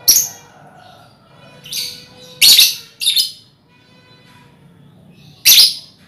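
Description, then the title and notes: Lovebird screeches: several harsh, high bursts, irregularly spaced. Lovebird ngekek song style, used as a lure song (kicau pancingan). "Master Kicau Lovebird ngekek, kicau pancingan"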